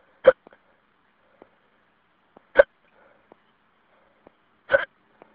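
An adult's three sharp, abrupt hiccup sounds about two seconds apart, roughly 27 a minute, each with a brief voiced catch, and faint clicks between them over a quiet phone line. The pattern is ongoing hiccups (singultus).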